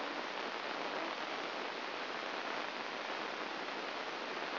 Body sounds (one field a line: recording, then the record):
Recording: brain microelectrode recording played as sound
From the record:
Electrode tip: inside the subthalamic nucleus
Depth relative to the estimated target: 0 mm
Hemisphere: left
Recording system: AlphaMap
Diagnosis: Parkinson's disease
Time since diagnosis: 9 years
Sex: female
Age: 40 years